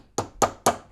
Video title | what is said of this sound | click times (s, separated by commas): I rebuilt my leaking steering rack -- BMW E46 Steering Rack Rebuild DIY | The thing is not fully seated, | 0.4 s, 0.7 s